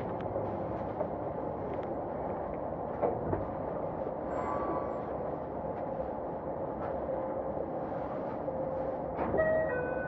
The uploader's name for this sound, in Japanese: 京急2100形 横浜〜三崎口